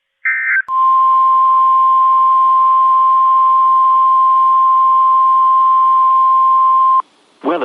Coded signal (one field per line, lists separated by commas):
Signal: Emergency Alert System (SAME) tones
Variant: 1050 Hz attention tone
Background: speech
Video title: BACK TO THE MID-ATLANTIC... EAS Alerts from 7/7/21 (EAS #429-452)